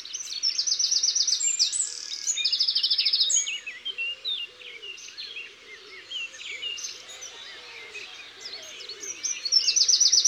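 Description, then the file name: Eurasian wren delivering a vigorous high trilling song at the start and again at the end, with softer chirps and lower notes between. Isère. "Troglodyte-mignon-Concerts-naturels-de-l Isere-Studio-Les-Trois-Becs"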